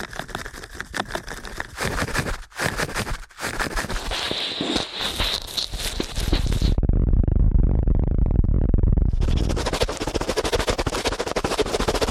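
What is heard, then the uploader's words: Crackly ear-cleaning sounds fill the first half, dense rapid clicks and scratches with a sharp high hiss, pausing briefly near two and three seconds. Around seven seconds it turns to a muffled, deep rumbling rub, then brighter scratching returns after nine seconds. ASMR Ear Cleaning at Helicopter Speed for the Heavily Immune (No Talking).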